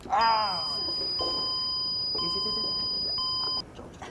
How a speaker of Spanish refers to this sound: Cuando toquemos un tema realmente peligroso para nosotros los vampiros, estas alarmas que ustedes ven van a sonar así.